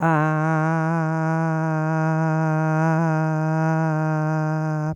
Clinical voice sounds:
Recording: sustained vowel /a/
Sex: female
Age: 60 to 69 years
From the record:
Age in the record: 60 years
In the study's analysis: included

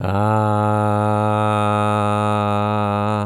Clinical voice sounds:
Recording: sustained vowel /a/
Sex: male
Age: 60 to 69 years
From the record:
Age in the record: 69 years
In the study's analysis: included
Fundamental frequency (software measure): 105 Hz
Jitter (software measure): 0.24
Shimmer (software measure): 1.06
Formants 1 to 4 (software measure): 750 Hz, 1296 Hz, 2539 Hz, 3712 Hz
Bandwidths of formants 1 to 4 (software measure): 221 Hz, 91 Hz, 166 Hz, 166 Hz

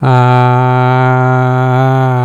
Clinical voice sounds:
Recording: sustained vowel /a/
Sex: male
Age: 60 to 69 years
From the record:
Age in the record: 64 years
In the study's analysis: included

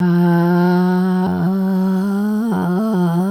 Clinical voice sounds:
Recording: sustained vowel /a/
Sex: female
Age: 70 to 79 years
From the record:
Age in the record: 76 years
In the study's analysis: included

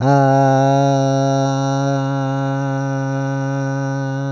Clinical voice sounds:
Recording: sustained vowel /a/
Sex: male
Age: 60 to 69 years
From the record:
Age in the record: 62 years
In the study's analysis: included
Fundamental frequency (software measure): 136 Hz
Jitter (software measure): 0.22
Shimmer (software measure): 0.53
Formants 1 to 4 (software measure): 742 Hz, 1441 Hz, 2876 Hz, 3746 Hz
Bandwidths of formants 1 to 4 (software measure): 292 Hz, 126 Hz, 266 Hz, 268 Hz

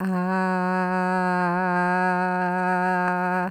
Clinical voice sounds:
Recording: sustained vowel /a/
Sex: female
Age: 50 to 59 years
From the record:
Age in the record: 55 years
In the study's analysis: included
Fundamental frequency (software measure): 182 Hz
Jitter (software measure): 0.30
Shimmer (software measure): 0.74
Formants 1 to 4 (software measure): 865 Hz, 1576 Hz, 2558 Hz, 4311 Hz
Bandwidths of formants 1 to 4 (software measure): 144 Hz, 163 Hz, 168 Hz, 395 Hz

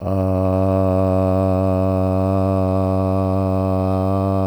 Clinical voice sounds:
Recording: sustained vowel /a/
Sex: male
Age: 60 to 69 years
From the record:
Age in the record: 63 years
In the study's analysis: included

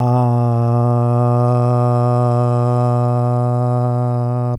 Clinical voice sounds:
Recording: sustained vowel /a/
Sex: male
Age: 40 to 49 years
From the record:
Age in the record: 41 years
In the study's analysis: included

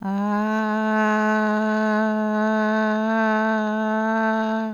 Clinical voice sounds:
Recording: sustained vowel /a/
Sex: female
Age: 60 to 69 years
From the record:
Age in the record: 61 years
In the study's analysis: included

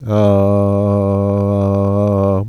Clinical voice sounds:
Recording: sustained vowel /a/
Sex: male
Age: 60 to 69 years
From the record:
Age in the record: 62 years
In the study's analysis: included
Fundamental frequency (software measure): 100 Hz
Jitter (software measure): 0.26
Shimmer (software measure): 0.69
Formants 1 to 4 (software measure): 570 Hz, 1104 Hz, 2329 Hz, 3914 Hz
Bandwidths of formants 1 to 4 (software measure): 98 Hz, 108 Hz, 290 Hz, 328 Hz

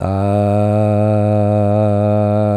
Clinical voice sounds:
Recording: sustained vowel /a/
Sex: male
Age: 80 to 89 years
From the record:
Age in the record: 80 years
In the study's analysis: included

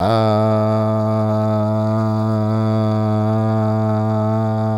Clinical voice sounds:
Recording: sustained vowel /a/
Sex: male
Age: 40 to 49 years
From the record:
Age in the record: 47 years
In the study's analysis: included

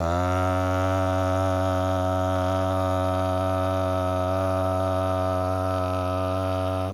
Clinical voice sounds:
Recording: sustained vowel /a/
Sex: male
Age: 60 to 69 years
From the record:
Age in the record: 66 years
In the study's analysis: included

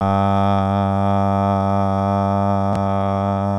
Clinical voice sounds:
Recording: sustained vowel /a/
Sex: male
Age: 20 to 29 years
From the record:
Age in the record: 22 years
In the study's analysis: included

